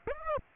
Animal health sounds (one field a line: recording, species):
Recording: mosquito wingbeat signal from an infrared sensor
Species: Aedes aegypti